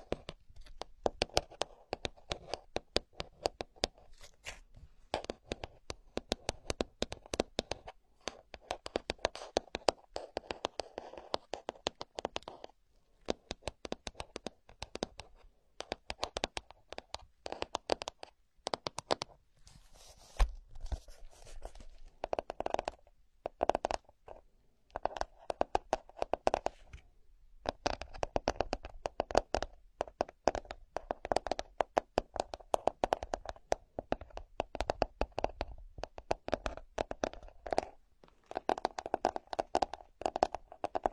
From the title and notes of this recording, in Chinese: 无人声搔耳朵。